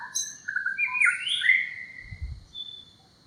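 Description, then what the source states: White-rumped shama calls: a brief burst of varied whistled notes sweeping up and down, then fading, over a faint steady high tone. Ipoh, Perak, Malaysia; 3 July 2018; several calls combined.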